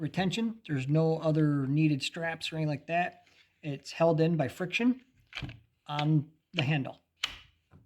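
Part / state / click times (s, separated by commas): knife into Kydex sheath / seated / 7.2 s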